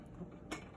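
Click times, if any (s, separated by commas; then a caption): 0.5 s. A syringe pump is hung on a small clip on its mounting bracket and clicks into place. A single short, bright click sounds at 0.5 s over a quiet background, and the pump is seated on the mount.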